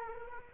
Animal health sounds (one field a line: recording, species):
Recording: mosquito wingbeat signal from an infrared sensor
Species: Culex quinquefasciatus